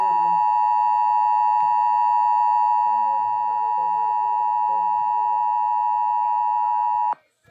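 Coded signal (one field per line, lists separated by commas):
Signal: Emergency Alert System (SAME) tones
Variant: 853 and 960 Hz attention tone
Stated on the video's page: Fictional EAS mini scenario.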